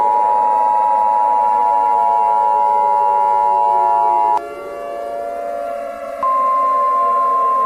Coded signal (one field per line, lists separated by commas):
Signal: Emergency Alert System (SAME) tones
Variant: 853 and 960 Hz attention tone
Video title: Eas scenario, World War III part 1